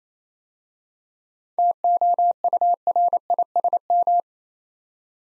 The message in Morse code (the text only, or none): TOURISM